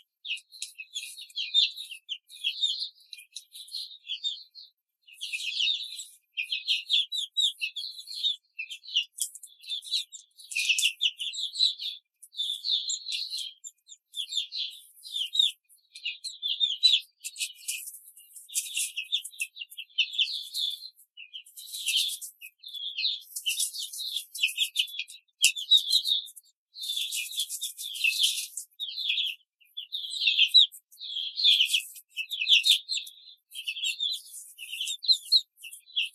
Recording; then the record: young laying hens in a cage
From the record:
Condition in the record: control cage, before the stress test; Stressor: none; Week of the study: 4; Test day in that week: 3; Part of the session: 2